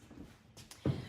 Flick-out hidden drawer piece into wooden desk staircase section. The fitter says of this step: And then that just snaps back in place.